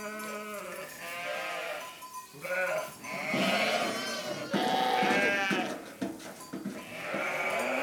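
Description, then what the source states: Sheep bleating, dense quavering calls of different pitches with hardly a pause. Ewes (brebis).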